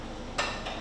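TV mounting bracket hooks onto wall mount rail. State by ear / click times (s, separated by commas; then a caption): seated / 0.4 s. A TV's rear mounting bracket hooks are lowered onto the wall-mount rails and drop into place with one sharp metallic hit at 0.4 s, followed by a short ringing tail, over a steady low hum. The bracket is seated on the rail, with the set screws left to be tightened afterwards to secure it.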